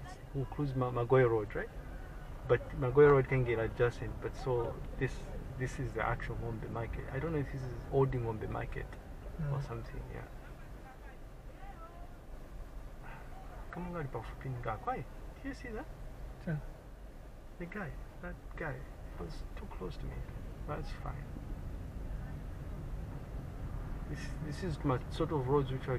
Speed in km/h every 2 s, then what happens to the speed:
6, 7, 9, 9, 6, 4, 4, 4, 3, 6, 9, 12, 12.
0-16 steady at about 6. 16-22 speeds up to 12.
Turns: none.